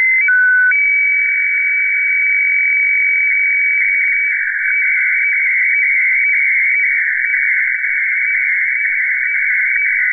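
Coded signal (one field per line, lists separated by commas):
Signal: weather fax (radiofax)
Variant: FAX 120/576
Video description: Reception of HLL2 Seoul Meteo (Seoul, South Korea) on 9165 khz (FAX 120/576)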